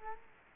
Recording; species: mosquito wingbeat signal from an infrared sensor; Culex quinquefasciatus